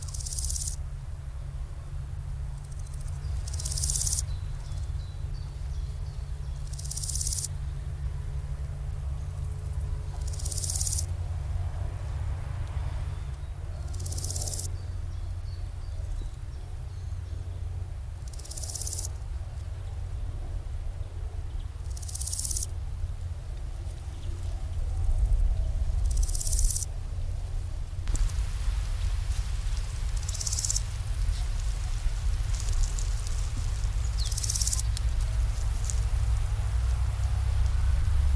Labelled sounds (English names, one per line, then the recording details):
Large Gold Grasshopper stridulation
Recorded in the wild
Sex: male
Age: imago
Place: Caputh, Brandenburg, DE
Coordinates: 52.3364, 12.955
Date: 1996-07-21 14:21
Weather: sunny, 23°C
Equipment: Sony MD-WM MZ-R3, Sennheiser MKH 416 T, Kopie Uher 4000 Report Monitor
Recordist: Tembrock, Günter